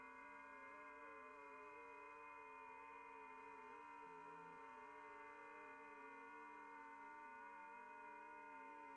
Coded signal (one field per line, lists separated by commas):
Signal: FT8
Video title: HAM RADIO- Sunday Funday Checkin. Q&A?